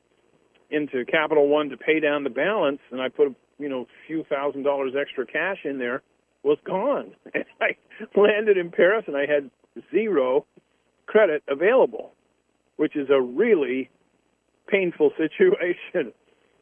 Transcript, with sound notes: into Capital One to pay down the balance, and I put, you know, a few thousand dollars extra cash in there, was gone (laughs) and I landed in Paris and I had zero credit available, which is a really painful situation.